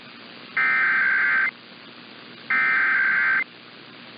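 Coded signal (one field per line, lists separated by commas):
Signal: Emergency Alert System (SAME) tones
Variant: header bursts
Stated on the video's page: Monthly Test EAS tones for Minnesota and Imperial County.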